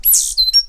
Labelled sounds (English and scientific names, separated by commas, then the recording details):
Stitchbird (Notiomystis cincta) song
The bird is a male
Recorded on Tiritiri Matangi Island, New Zealand, in 2005
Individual 8, of nest box 10